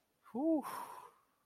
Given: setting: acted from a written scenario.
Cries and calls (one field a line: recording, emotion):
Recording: vocal sound without words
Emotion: ecstasy